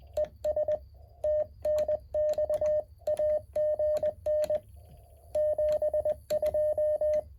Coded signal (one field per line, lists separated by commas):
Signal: Morse code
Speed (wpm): 21 wpm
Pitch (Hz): 610 Hz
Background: none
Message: ES TNX AGN 72